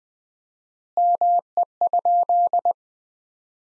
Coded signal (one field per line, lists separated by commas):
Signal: Morse code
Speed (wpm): 21 wpm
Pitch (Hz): 700 Hz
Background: none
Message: ME?